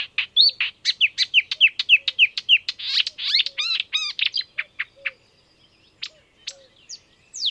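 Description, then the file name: Marsh warbler song: a fast, varied chatter of sharp chirps, buzzy trills and slurred whistles, with a faint low note repeating beneath it. "enekes nadiposzata hangja"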